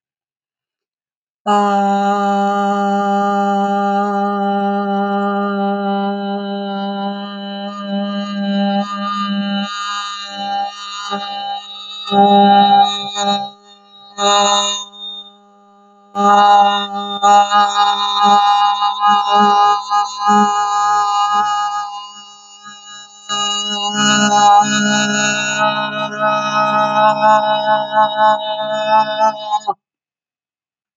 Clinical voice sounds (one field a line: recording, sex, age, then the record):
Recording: vowel held as long as possible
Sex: female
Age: 60 to 69 years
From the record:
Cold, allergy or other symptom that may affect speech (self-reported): no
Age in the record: 60 years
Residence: Arkansas, United States